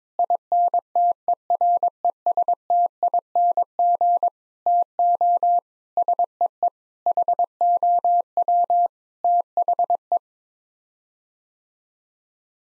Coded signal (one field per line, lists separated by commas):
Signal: Morse code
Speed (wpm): 22 wpm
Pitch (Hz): 700 Hz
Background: none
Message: INTERESTING TO SEE HOW THE